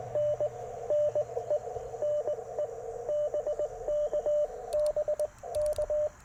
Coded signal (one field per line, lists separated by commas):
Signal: Morse code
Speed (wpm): 20 wpm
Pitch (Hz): 600 Hz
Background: radio noise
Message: NN E NE BK BK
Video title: Morning Morse Code - 07/03/2024